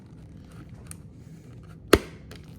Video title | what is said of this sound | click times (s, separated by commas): The Lost World 🌎 Jurassic Park Hammond Collection Stegosaurus ✅4K Highly Detailed Well Lit 🔥 Review | That's the pop sound I'm talking about. | 1.9 s